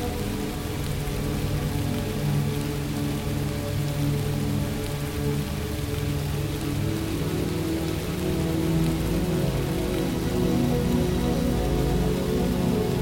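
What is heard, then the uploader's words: Gentle rain falls steadily and densely, a soft continuous patter with no pauses or bursts. The sound is full and weighted toward the low end, with a faint steady hum underneath, and the level stays even throughout, rising only slightly toward the end. Gentle Rain.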